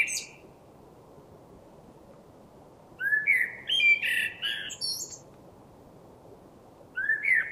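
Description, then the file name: Common blackbird song: the end of one phrase, a few quiet seconds, then a full phrase of mellow low whistles topped with scratchy high twitters, then another phrase starts at the end. "Turdus merula"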